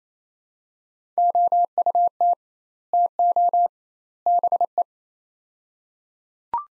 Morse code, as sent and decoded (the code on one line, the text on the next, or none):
--- ..- - / - --- / -... .
OUT TO BE